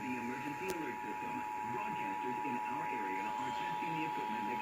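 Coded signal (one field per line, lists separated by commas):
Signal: Emergency Alert System (SAME) tones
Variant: 853 and 960 Hz attention tone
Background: speech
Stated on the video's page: Required Monthly Test for Sacramento.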